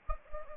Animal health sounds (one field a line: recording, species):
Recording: mosquito wingbeat signal from an infrared sensor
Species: Anopheles gambiae